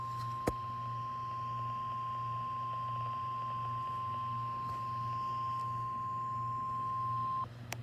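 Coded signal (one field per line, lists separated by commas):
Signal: Emergency Alert System (SAME) tones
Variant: 1050 Hz attention tone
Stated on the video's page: Alerts from NOAA Weather Radio KIG79 Nashville and an FM station.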